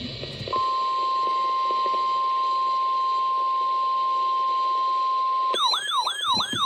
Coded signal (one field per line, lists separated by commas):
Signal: Emergency Alert System (SAME) tones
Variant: 1050 Hz attention tone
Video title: Nighttime 'Naders - EAS Alerts from 4/11/24 || EAS 1,175-1,218